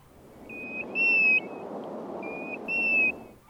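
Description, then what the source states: Plover calling with clear, plaintive whistles: two short whistled phrases over steady background noise. Estuary bird.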